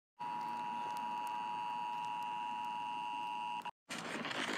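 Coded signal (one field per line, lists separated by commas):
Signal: Emergency Alert System (SAME) tones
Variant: 853 and 960 Hz attention tone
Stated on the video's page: Mock UAE emergency alert tones, simulated.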